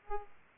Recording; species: mosquito wingbeat signal from an infrared sensor; Aedes aegypti